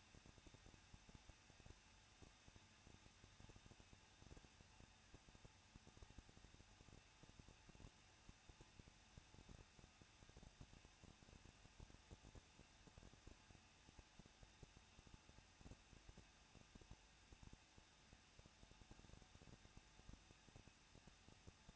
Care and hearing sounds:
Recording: daily activity, microphone in the room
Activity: no activity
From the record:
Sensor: 2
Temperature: 21.0 degrees Celsius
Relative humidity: 37.4%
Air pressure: 1006.2 hPa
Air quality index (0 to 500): 222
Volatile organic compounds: 24 ppm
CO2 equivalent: 2810 ppm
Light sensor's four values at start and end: 2/3/2/2 and 2/3/2/2

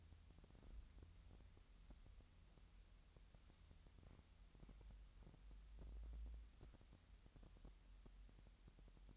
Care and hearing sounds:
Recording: daily activity, microphone in the room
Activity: wipe stove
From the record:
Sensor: 3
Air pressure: 1003.2 hPa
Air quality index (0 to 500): 198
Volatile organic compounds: 6 ppm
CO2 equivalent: 1931 ppm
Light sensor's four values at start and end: 12/29/12/13 and 12/29/12/13

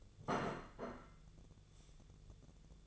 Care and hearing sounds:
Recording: daily activity, microphone in the room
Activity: place plate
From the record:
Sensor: 4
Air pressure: 1001.0 hPa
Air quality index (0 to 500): 146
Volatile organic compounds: 2 ppm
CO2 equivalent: 1073 ppm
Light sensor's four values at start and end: 24/59/24/25 and 24/59/24/25

